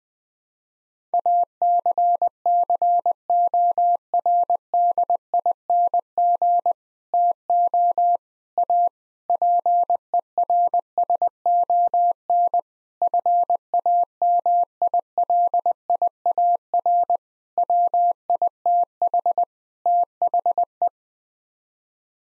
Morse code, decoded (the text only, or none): ACCORDING TO A PERSON FAMILIAR WITH THE